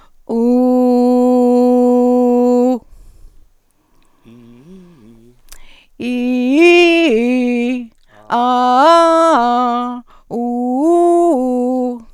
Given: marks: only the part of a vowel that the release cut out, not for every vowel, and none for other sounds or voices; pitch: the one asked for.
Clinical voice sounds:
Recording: sustained vowels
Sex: female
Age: 40 to 49 years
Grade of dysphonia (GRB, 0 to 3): 1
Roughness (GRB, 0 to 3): 0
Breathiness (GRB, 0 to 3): 1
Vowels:
0.87-2.63 s: vowel /u/, low pitch
6.07-6.64 s: vowel /i/, low-high-low pitch
8.93-9.82 s: vowel /a/, low-high-low pitch
10.40-11.85 s: vowel /u/, low-high-low pitch
From the record:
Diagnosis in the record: recurrent laryngeal nerve paralysis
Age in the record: 49 years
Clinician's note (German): Strumipriv mit Stillstand links, Einschränkung der Beweglichkeit rechts, vollkommene phonatorische Kompensation

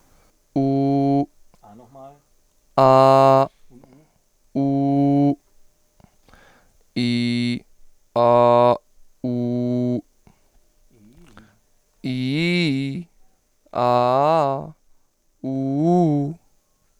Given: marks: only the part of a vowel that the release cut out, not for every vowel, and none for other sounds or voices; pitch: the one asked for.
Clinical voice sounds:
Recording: sustained vowels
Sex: male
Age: 20 to 29 years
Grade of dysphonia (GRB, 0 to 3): 0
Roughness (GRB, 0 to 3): 0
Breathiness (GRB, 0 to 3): 0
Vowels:
0.61-1.19 s: vowel /u/, high pitch
2.82-3.42 s: vowel /a/, high pitch
7.00-7.52 s: vowel /i/, low pitch
8.21-8.71 s: vowel /a/, low pitch
9.28-9.95 s: vowel /u/, low pitch
12.14-12.89 s: vowel /i/, low-high-low pitch
13.85-14.55 s: vowel /a/, low-high-low pitch
15.50-16.26 s: vowel /u/, low-high-low pitch
From the record:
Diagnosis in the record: contact pachydermia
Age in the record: 29 years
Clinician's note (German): Kontaktpachydermie ohne "Kontaktpachydermie"

